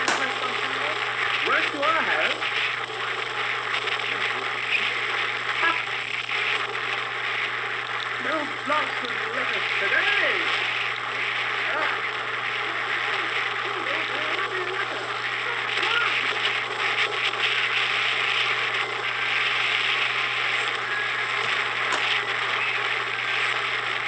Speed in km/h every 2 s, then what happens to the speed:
40, 41, 41, 38, 39, 39, 39, 40, 42, 42, 42, 42.
0-24 steady at about 40.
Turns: none.